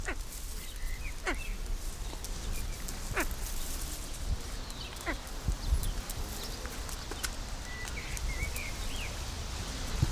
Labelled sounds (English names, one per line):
Cabot's Tragopan call